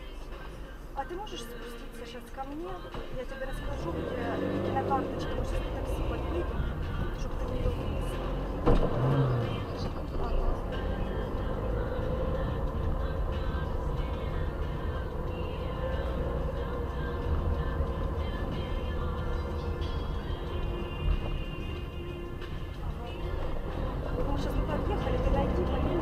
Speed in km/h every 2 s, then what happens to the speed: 0, 0, 4, 16, 17, 22, 24, 22, 23, 17, 17, 15, 23.
0-2 standing. 2-6 pulls away to 16. 9-11 speeds up to 24. 11-23 steady at about 17. 23-26 speeds up to 23.